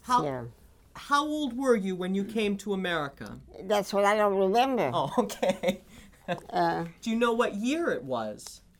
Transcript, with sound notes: Yeah.
How old were you when you came to America?
That's what I don't remember.
( he laughs ) Oh, okay. Do you know what year it was?